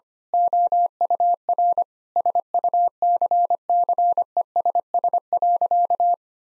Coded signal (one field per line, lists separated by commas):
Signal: Morse code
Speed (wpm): 25 wpm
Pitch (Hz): 700 Hz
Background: none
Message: OUR SUCCESS.